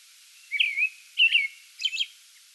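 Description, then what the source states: American robin producing three short phrases: two whistled slurred notes followed by a higher, thin squeaky phrase, over a quiet hiss. Song bout, 8 May 2022.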